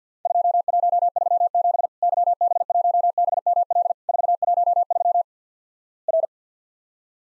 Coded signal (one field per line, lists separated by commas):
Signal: Morse code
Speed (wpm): 50 wpm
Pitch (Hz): 700 Hz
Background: none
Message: 2137 YB1BML 413 R